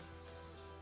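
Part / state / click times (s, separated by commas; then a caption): LED bulb housing into refrigerator sidewall opening / seated / 0.7 s. After some finagling, the upper LED bulb housing of a GE refrigerator is pushed so its side clips go up into the fridge sidewall opening. Over a steady low hum with tonal background, a single sharp click is heard at 0.7 s as the housing clicks home and seats.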